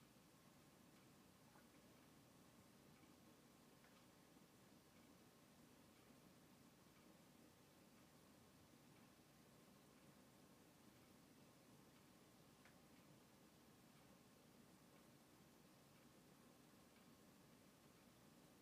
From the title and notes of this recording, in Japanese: 環境音 ナスのトマト煮込み。ベーコンの代わりにちくわをいれてみました。